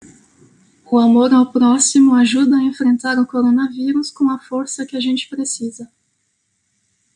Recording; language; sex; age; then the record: spoken sentence; Brazilian Portuguese; female; 30 to 39 years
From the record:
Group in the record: control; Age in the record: 36 years